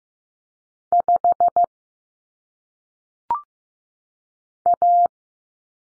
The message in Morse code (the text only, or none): 5 A